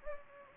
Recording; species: mosquito wingbeat signal from an infrared sensor; Anopheles gambiae